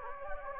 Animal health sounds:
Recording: mosquito wingbeat signal from an infrared sensor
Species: Anopheles gambiae

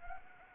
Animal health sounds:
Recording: mosquito wingbeat signal from an infrared sensor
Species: Anopheles arabiensis

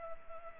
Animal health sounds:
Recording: mosquito wingbeat signal from an infrared sensor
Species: Culex pipiens

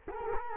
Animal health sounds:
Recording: mosquito wingbeat signal from an infrared sensor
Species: Culex quinquefasciatus

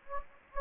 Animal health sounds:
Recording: mosquito wingbeat signal from an infrared sensor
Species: Anopheles gambiae

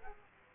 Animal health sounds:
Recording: mosquito wingbeat signal from an infrared sensor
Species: Aedes aegypti

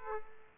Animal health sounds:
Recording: mosquito wingbeat signal from an infrared sensor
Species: Aedes aegypti

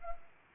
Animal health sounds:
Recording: mosquito wingbeat signal from an infrared sensor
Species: Anopheles arabiensis

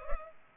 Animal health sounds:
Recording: mosquito wingbeat signal from an infrared sensor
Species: Culex pipiens

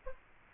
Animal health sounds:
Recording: mosquito wingbeat signal from an infrared sensor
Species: Aedes aegypti

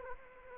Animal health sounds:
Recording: mosquito wingbeat signal from an infrared sensor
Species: Anopheles arabiensis

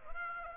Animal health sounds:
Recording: mosquito wingbeat signal from an infrared sensor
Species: Aedes aegypti

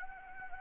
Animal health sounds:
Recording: mosquito wingbeat signal from an infrared sensor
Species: Anopheles arabiensis

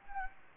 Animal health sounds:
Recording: mosquito wingbeat signal from an infrared sensor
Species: Anopheles gambiae

